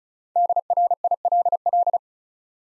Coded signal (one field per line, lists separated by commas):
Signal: Morse code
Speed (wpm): 36 wpm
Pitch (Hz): 700 Hz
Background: none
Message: DRILL